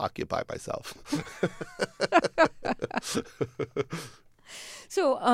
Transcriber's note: laughter